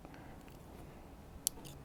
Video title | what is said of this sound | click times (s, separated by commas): Installing the Metalcloak Taillights on a Jeep TJ - Part 2 of 2- The Passengers Side - This Old TJ | and it just snapped in place. | 1.5 s